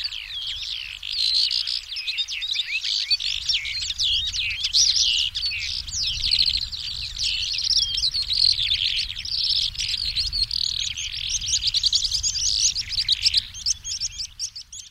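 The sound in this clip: Calandra lark pouring out a long, unbroken song of rapid twittering and scratchy notes, with low background noise underneath.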